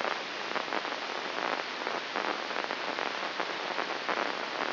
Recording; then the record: brain microelectrode recording played as sound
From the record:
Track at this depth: inside the subthalamic nucleus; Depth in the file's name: 5.001 mm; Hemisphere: right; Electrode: 2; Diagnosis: Parkinson's disease